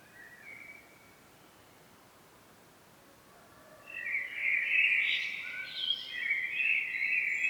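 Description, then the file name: Common blackbird: a short faint note, a few seconds of quiet, then a rich warbled phrase with high, twittery notes. "Turdus merula"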